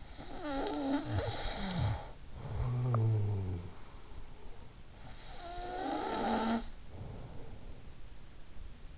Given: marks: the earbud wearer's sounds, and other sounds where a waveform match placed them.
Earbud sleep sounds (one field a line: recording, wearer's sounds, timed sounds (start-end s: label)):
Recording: sounds in sleep by an in-ear microphone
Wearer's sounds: snoring breath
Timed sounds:
0.00-3.82 s: snoring breath
5.04-8.12 s: snoring breath